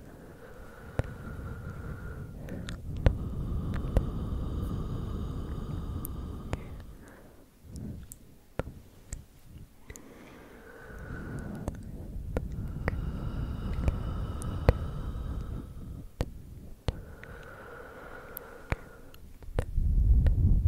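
Close-up bassy breathing and ear blowing come in long rumbling waves, sprinkled with sharp clicks, with a louder gust near the end.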